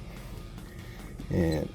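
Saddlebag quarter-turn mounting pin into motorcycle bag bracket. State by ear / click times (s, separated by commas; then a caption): not seated / none. The front quarter-turn mounting pin of a motorcycle hard saddlebag is handled at the bag bracket, pushed in and rotated around the retaining wire, while someone talks. Faint handling noise runs throughout, with a louder stretch near the end from about 1.3 to 1.7 seconds. Nothing has clicked or locked yet.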